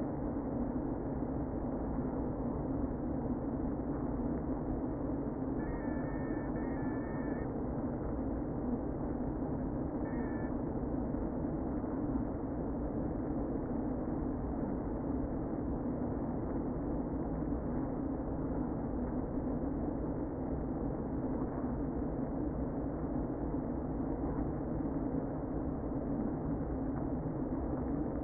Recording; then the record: honeybee colony, microphone inside the hive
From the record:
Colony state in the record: queen present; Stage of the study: before two queens were removed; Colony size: about 60,000 bees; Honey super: yes